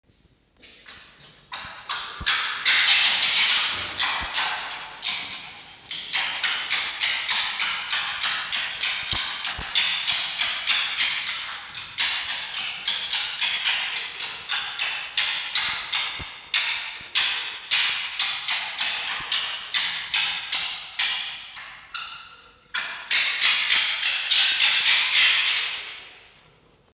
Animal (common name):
Red Fox